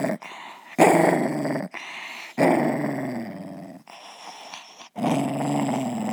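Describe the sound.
Dog growling: low, rough rumbling growls in several bursts separated by brief pauses, rising and falling in intensity.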